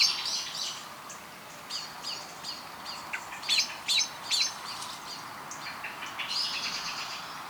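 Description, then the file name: Eurasian blackbird calling with brief clipped chirps, a quick cluster of three louder notes in the middle, and faint high thin notes at the start and end over constant hiss. "Turdus merula"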